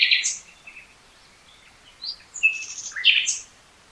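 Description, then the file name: Common nightingale song: scattered chattering and whistled notes with a fainter middle section, ending in loud harsh phrases. "Luscinia megarhynchos"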